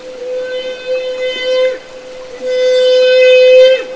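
Humpback whale song units: a sustained, steady moan dropping briefly at its end, followed after a pause by another long, even tone that also falls away.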